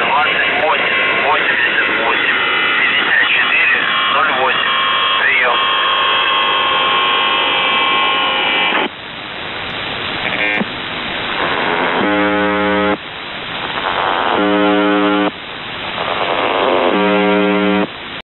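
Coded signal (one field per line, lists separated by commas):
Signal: channel marker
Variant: UVB-76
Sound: distorted radio voice with warbling, then static and two harsh low buzzes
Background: radio static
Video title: The Buzzer/UVB-76(4625Khz) June 8th, 2023 Voice messages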